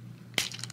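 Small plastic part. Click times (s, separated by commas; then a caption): 0.4 s. The plastic leg of a Legacy United Sandstorm transforming toy figure is pushed along its slider until it snaps into its locked position. Over a faint steady low hum, a sharp, bright plastic snap lands at 0.4 s, followed by a few small, quieter ticks. The leg is seated.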